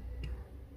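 A self-tapping screw is turned counterclockwise in the plastic case of a Game Boy Pocket handheld console, with a steady low hum underneath. At 0.2 s a single short, sharp click is heard as the screw drops into the thread already cut in the plastic. The screw is seated and ready to be tightened.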